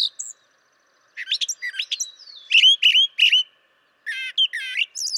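Brown Thrasher song, rich jumble of whistled, chirping and buzzy phrases, several repeated in pairs, delivered in quick bursts with brief gaps.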